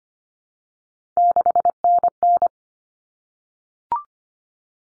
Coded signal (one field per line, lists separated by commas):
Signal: Morse code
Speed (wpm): 25 wpm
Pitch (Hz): 700 Hz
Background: none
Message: 6NN